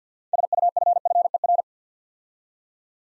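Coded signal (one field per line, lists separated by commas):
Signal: Morse code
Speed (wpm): 50 wpm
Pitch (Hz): 700 Hz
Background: none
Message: SUFFER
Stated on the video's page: Morse practice building 6-letter words three letters at a time at 50 wpm, for instant character recognition training.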